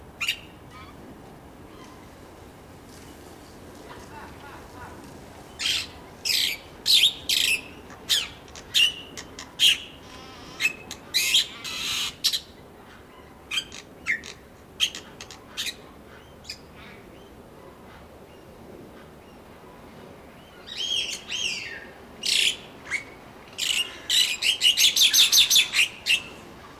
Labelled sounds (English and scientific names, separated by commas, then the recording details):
Black-winged Starling (Acridotheres melanopterus) song
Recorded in captivity
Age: adult
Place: Zoo Berlin, Berlin, DE
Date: 1997-12-23 10:00
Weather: overcast, hazy, ca. 1-2°C
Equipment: Nagra SN, Kopie Uher 4000 Report Monitor
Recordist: Tembrock, Günter
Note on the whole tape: Gesang, zwei Tiere, Entfernung ca